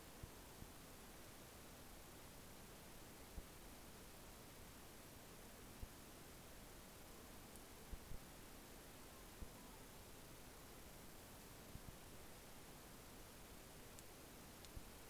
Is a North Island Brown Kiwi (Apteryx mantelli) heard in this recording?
no